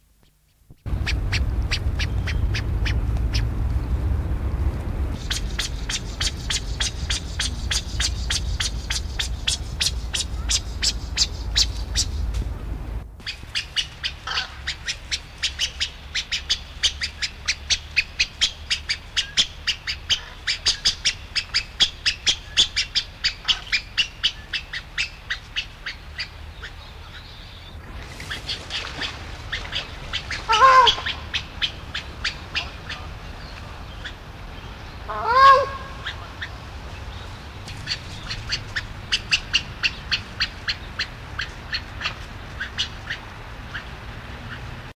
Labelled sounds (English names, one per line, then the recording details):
Spur-winged Goose call
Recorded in captivity
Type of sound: call
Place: Zoo Hannover, Niedersachsen, DE
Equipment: Halbspur, 9,5 cm/s
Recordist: Lütgens, Hans
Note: Rufe